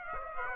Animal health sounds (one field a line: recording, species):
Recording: mosquito wingbeat signal from an infrared sensor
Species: Aedes aegypti